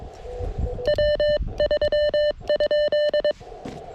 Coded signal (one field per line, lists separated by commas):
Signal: Morse code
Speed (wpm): 22 wpm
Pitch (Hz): 3000 Hz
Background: none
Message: W3?